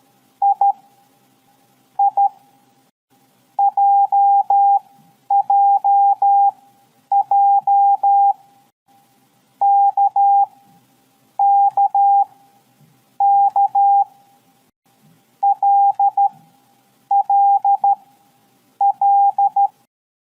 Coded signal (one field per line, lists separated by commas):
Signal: Morse code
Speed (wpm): 13 wpm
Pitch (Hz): 800 Hz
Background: none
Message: II JJJ KKK LLL